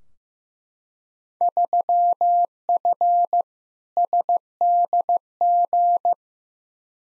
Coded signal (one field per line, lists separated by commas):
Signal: Morse code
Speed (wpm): 15 wpm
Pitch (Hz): 700 Hz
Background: none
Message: 3F SDG